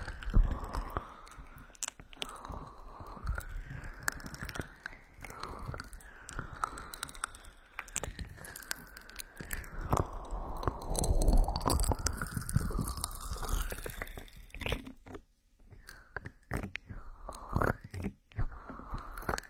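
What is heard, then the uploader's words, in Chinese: Oil-slick ear rubbing: wet, crackling friction sounds shift continuously in pitch, sliding up and down as the hands move over the ear. Dense clicks and crunches fill the first fifteen seconds, then the rubbing turns sparse and broken, with short pauses between strokes. 精油揉搓耳朵。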